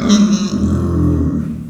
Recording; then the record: squeal of a Yucatan mini pig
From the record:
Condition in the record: after surgery on the right vocal fold (resection and tissue-engineered implant); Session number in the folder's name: 9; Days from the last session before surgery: 65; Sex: female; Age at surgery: 19 weeks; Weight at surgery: 25 kg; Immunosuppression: prednisolone